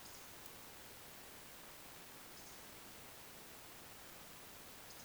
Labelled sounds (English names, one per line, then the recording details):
Eurasian Woodcock whistle
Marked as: whistle, whistle, whistle
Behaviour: display flight
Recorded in Baden-Württemberg, Germany, on 10 June 2020 at 20:11 UTC
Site 45520, 595 m above sea level